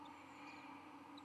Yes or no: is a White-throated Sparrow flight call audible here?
no